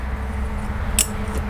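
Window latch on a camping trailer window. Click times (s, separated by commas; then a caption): 1.0 s. The window latch on a dual pane window of a 2015 Cricket Trailer Standard camping trailer is closed and latched from the inside. Against a steady low hum, a single sharp metallic click is heard at 1.0 seconds, and the latch is shut.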